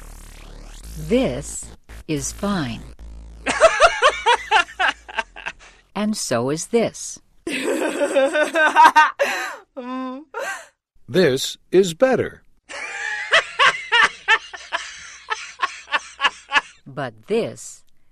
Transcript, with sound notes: This is fine. (Laughter)
And so is this. (Laughter)
This is better. (Laughter)
But